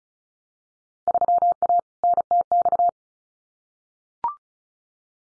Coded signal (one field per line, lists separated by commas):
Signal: Morse code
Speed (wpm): 36 wpm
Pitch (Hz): 700 Hz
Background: none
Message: 3A NTX